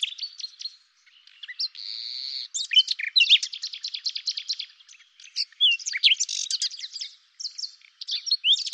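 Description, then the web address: Common nightingale in continuous, varied song: chirps, a steady buzzy note, then dense bursts of clicks, trills and sharp whistles running almost without pause. "cianscape birddata Deverinetal 2025 Bird Lu Me"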